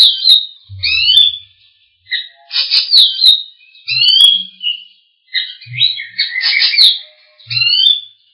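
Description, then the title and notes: Bird song in lively bursts of high chirps, slurred whistles and trills, phrases separated by brief pauses, with occasional soft low knocks. Birds singing in Indonesia. "Kicau Burung Indonesia"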